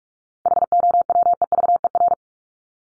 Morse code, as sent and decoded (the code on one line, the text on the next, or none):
.... --- .-- . ...- . .-.
HOWEVER